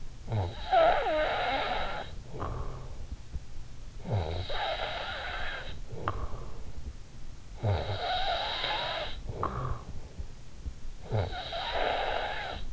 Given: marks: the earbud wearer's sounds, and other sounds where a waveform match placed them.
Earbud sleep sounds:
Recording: sounds in sleep by an in-ear microphone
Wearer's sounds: snoring breath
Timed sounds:
0.00-12.73 s: snoring breath

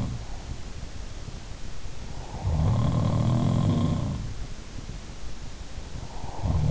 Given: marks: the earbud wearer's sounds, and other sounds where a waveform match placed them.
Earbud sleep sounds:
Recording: sounds in sleep by an in-ear microphone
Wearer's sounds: breath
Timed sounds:
0.00-1.72 s: sound from someone else or the room
0.01-1.72 s: breath
1.86-2.83 s: breath
2.20-4.62 s: sound from someone else or the room
5.76-6.71 s: breath

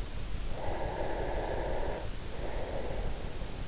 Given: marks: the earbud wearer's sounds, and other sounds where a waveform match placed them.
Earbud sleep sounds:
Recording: sounds in sleep by an in-ear microphone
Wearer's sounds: breath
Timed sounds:
0.35-3.03 s: breath

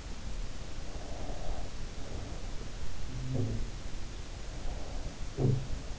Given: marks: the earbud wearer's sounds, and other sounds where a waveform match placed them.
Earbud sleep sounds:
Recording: sounds in sleep by an in-ear microphone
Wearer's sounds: breath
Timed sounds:
0.70-2.53 s: breath
3.30-3.81 s: sound from someone else or the room
5.25-5.86 s: sound from someone else or the room

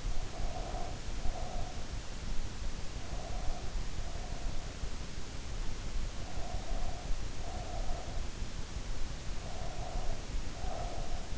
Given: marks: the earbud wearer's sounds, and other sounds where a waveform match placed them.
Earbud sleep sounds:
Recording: sounds in sleep by an in-ear microphone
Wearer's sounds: breath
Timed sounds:
0.00-1.98 s: breath
2.97-4.76 s: breath
6.14-8.30 s: breath
9.14-11.38 s: breath

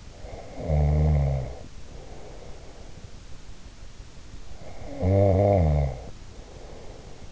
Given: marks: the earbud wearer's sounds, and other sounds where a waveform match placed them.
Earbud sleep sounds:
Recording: sounds in sleep by an in-ear microphone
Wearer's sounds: snoring breath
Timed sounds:
0.15-3.01 s: snoring breath
4.58-7.32 s: snoring breath

